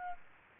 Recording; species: mosquito wingbeat signal from an infrared sensor; Aedes aegypti